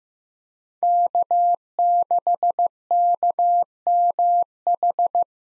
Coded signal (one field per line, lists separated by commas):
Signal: Morse code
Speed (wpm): 15 wpm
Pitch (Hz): 700 Hz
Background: none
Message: K6KMH